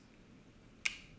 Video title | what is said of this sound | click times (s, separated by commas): How To Use Nikon F-Mount Lens As A Telescope - Narrow Band Filter Imaging | it like that until it clicks all right so that'll be securely mounted | 0.9 s